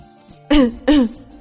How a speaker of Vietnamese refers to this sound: Bạch Ngọc Đường đi phía trước ho khan một tiếng.